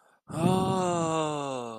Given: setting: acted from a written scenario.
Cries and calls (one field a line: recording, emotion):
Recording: vocal sound without words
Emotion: interest